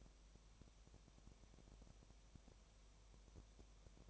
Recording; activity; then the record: daily activity, microphone in the room; no activity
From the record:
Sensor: 1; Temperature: 19.7 degrees Celsius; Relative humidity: 37.0%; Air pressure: 1007.2 hPa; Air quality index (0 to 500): 144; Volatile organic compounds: 5 ppm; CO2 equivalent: 1762 ppm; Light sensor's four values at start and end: 1/2/1/1 and 1/2/1/1